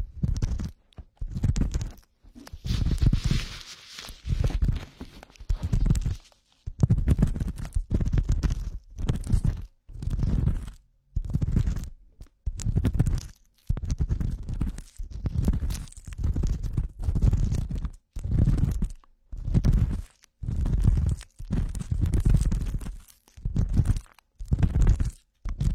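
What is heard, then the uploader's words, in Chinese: Muffled ear cleaning: rough scratching and rubbing strokes in short bursts about once a second, heavy and low with brief silent gaps. 掏耳朵。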